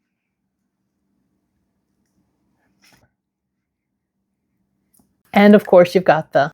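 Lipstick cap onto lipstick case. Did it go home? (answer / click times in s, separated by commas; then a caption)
no / none. An ELF O Face satin lipstick cap with a magnetic closure is handled near its lipstick case, with only faint small handling sounds before someone starts talking. The clip ends before the cap goes home, so the magnetic closure has not clicked shut yet.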